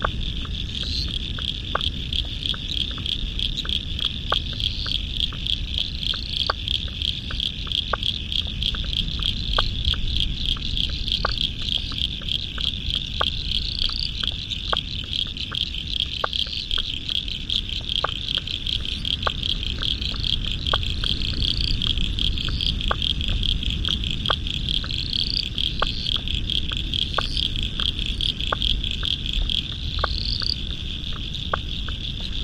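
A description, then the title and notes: A dense frog chorus at dusk holds a steady bright trill, with sharp clicks and chirps scattered throughout over a low rumble of ocean. (Spring) Frog Chorus At Dusk By The South Pacific Ocean. Royal national park, australia november.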